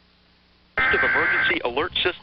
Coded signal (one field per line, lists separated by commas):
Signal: Emergency Alert System (SAME) tones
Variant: header bursts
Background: speech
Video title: national eas test